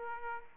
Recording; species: mosquito wingbeat signal from an infrared sensor; Aedes aegypti